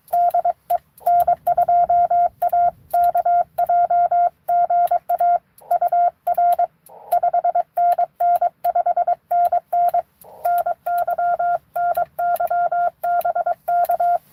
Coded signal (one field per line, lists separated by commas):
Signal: Morse code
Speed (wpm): 22 wpm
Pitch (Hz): 700 Hz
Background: none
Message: DE N2AKJ GA UR 5NN 5NN NY NY BK